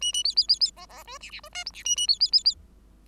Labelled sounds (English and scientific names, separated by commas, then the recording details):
Bengalese Finch (Lonchura striata domestica) song
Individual Bird5